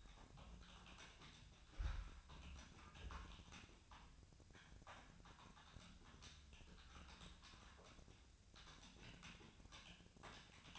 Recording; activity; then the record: daily activity, microphone in the room; typing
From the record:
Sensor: 2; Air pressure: 1009.3 hPa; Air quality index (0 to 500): 187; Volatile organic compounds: 11 ppm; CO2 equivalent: 2323 ppm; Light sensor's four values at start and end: 24/59/25/28 and 24/59/25/28